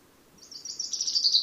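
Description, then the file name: Common chaffinch song fragment: a quick, high trill that starts softly and grows louder, cut off before it ends. "Fringilla coelebs"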